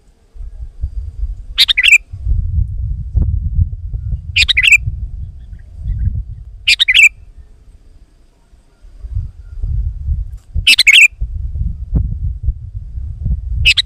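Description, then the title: Sooty-headed bulbul uttering short bubbly phrases every few seconds against low rumbling. "kutilang"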